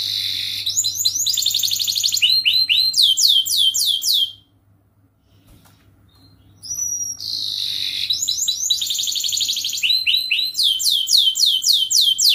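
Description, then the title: Canary song: long continuous runs of rolling trills and fast sweeping notes, broken by a brief pause midway before resuming. Gacor canary song with best cengkok and richest isian phrases, a kicaumania recording used for training. "Kenari Gacor Cengkok Terbaik Isian Paling Mewah Kenarigacor Kicaumania Kenari"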